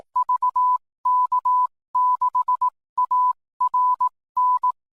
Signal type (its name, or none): Morse code